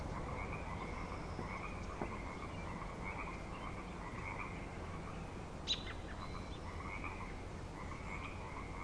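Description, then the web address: Frog chorus, a dense continuous trilling band, with a brief sharp click near the sixth second. Frog chorus at Grafton Lake, recorded 3 May 2009. "The Frog Chorus Tunes Up On Grafton Lake frogs 090503"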